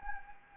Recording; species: mosquito wingbeat signal from an infrared sensor; Anopheles gambiae